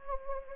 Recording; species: mosquito wingbeat signal from an infrared sensor; Anopheles gambiae